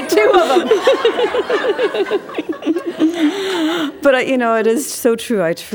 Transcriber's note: laughter